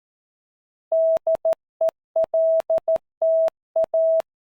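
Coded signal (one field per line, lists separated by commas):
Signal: Morse code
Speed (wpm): 13 wpm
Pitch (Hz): 650 Hz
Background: none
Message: DELTA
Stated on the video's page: Morse trainer web app keyed by touchscreen on a phone or by keyboard on a PC, with adjustable playback speed for listening drills.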